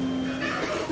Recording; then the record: coughing mixed with background sound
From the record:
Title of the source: 31 night wet cough